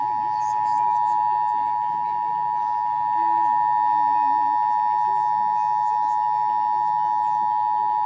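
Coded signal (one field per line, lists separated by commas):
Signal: Emergency Alert System (SAME) tones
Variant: 853 and 960 Hz attention tone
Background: speech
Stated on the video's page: Required Monthly Test received on Seattle-area broadcast radio, TV, cable and NOAA Weather Radio 162.550 MHz and 162.425 MHz, recorded from weather radios.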